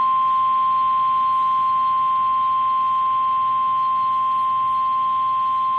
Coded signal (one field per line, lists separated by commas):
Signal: Emergency Alert System (SAME) tones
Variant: 1050 Hz attention tone